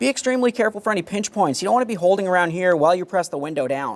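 Someone talks while door window glass is being pressed down onto the window regulator clips of a 2015–2020 Ford F-150 rear power window motor and regulator assembly. No other distinct sounds stand out beneath the speech. Nothing has seated or clicked yet; the glass is still being handled before its locking tabs snap into the regulator.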